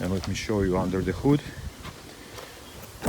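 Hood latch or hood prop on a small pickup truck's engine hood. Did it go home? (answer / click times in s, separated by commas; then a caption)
no / none. Someone talks while opening the engine hood of a ZAZ-11055 small pickup truck and working its hood latch or hood prop, followed by quiet low noise and a brief louder sound at the very end around 3.1 seconds. The hood latch fails to catch, and nothing has clicked or latched.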